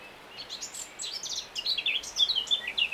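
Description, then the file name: Eurasian blackcap song, a short lively phrase of quick high notes ending in clearer, fluty slurs. "Sylvia atricapilla"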